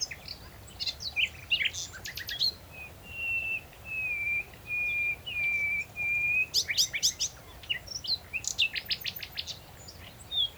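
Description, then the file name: Common nightingale song: quick varied chirps, then a series of long, pure sustained whistles, followed by rattling notes and more quick chirps. "Luscinia megarhynchos"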